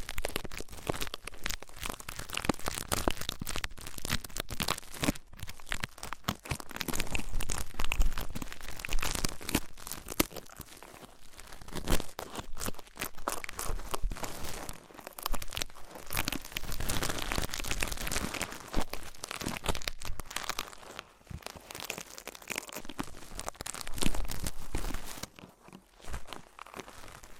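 Ear cleaning sounds: dense, rapid crackling and crinkling scratches that stay busy throughout, with brief quieter dips near 21 and 26 seconds.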